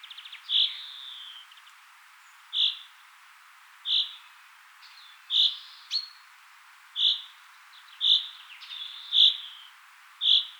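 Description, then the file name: Common chaffinch giving short, sharp, high call notes, repeated roughly once a second, with a few faint softer twitters between them. "Fringilla coelebs"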